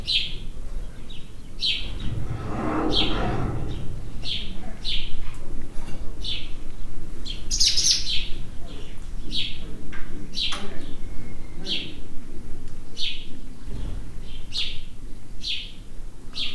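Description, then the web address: Sand martin calls: sharp, high chirps repeated fairly steadily, over a low background hum. Recorded inside a horse stable in a farmyard. "allathangok parasztudvar partifecske loistalloban"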